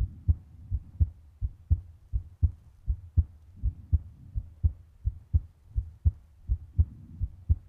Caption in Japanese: ママの心臓の音。 ドキドキ、ドクドクって音。